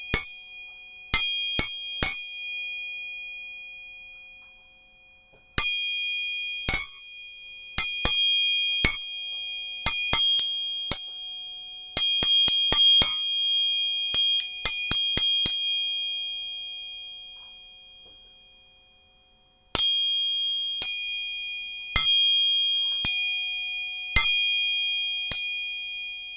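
A tuning fork is struck again and again, each tap a sharp metallic click followed by a clear, high, pure tone that rings on and slowly fades. Strikes come in irregular bursts, sometimes several within a second, with quiet gaps where the tone decays to near silence.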